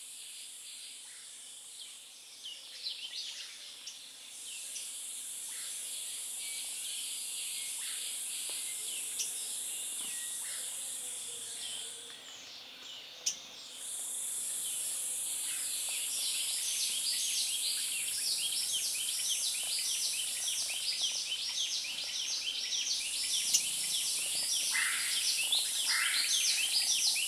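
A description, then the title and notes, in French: On the slopes of Mount Cameroon, a steady high insect drone runs throughout, dropping out briefly around thirteen seconds and again near twenty-two. Dense, rapid bird calls chirp and trill over it, busiest in the second half, with a sharp click near thirteen seconds. Naturophonie - NAT046_Sur les pentes du mont Cameroun_FDeroussen. En immersion sonore sur les pentes du mont Cameroun dans une forêt des nuages à 1000 m d'altitude.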